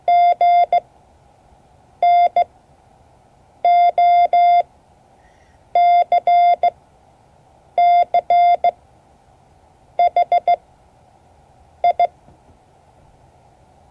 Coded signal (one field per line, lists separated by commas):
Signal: Morse code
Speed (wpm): 16 wpm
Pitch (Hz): 690 Hz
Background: none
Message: G N O C C H I